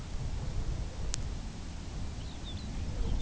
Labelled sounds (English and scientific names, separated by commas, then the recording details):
Lapland Longspur (Calcarius lapponicus)
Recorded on Arctic tundra, site UTQI-2, on 14 June 2019
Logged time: 18:00